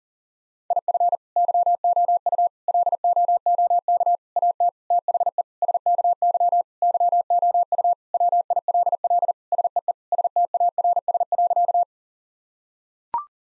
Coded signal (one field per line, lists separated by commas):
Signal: Morse code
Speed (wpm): 37 wpm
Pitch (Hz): 700 Hz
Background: none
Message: IF YOU LOOK AT THE SKY YOU WILL SEE STARS.